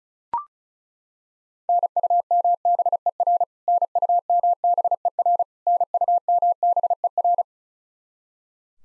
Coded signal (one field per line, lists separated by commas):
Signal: Morse code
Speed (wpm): 36 wpm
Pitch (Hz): 700 Hz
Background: none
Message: NUMBER NUMBER NUMBER